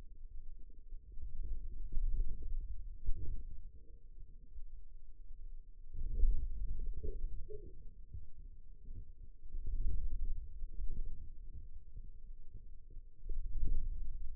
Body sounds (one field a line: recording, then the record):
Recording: forearm muscle sounds (acoustic myography)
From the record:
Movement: radial deviation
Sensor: system 2, bracelet of six BSWA MPA416 microphones around the upper forearm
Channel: 3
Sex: female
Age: 21 years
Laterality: right